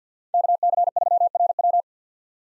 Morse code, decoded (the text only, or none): KC3RW